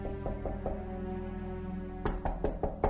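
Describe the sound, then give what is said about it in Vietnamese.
Knocking on a bedroom door at night: a quick series of four sharp raps, a pause, then another run of knocks, all over a steady, low sustained musical drone. “Đang nằm chợt nghe có tiếng gõ cửa cộc cộc vang lên.”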